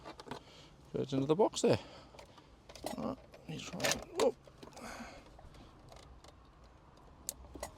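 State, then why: Seated. Someone talks while the wire removed from the shifter is plugged into the connector of the paddle shifter control box on a Y62 Patrol / Armada paddle shifter kit installation. A short, sharp click is heard at 7.3 s as the connector seats, confirmed as fully clicked in.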